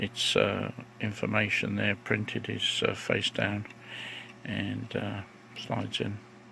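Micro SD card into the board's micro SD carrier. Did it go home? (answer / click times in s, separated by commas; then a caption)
no / none. A micro SD card is being slid, printed side face down, into the micro SD carrier on a KiwiSDR board from Seeed while someone talks throughout. Nothing has seated or clicked yet; the clip ends just before the card goes home.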